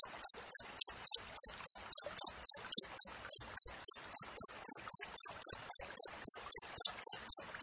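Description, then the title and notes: Cricket calling with crisp, shrill chirps at a steady pace of roughly four per second, with quiet rustling beneath. Clear natural cricket recording with closely spaced chirps, intended as master audio for training songbirds and for driving away rats. "Masteran Jangkrik Alam Jernih, Jeda Rapat Cocok Untuk Masteran Burung Dan Mengusir Tikus. suara jangkrik"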